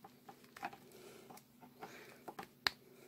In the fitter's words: voilà on entend de claque c'est veut dire que ça s'est mis